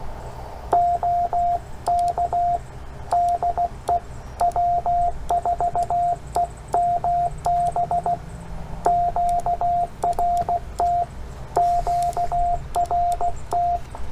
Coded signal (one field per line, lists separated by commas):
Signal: Morse code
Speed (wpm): 16 wpm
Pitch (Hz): 700 Hz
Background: radio noise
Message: OK DE W4EMB QRT QRT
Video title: POTA Redemption. CW Copy Practice with Subtitles with Ed